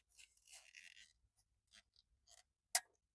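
A used car stereo head unit in a Dodge Dakota, whose stretched locking fingers on both sides have been bent back inward, is pushed into the dash mounting sleeve while soft scraping and rustling sounds come from the unit. A single sharp, loud click sounds at 2.8 s as the chassis locking fingers snap into the dash cage and the stereo is seated in position.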